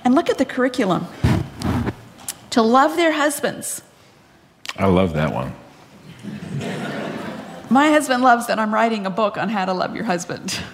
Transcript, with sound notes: And look at the curriculum: To love their husbands.
I love that one. (laughter)
My husband loves that writing a book on how to love your husband.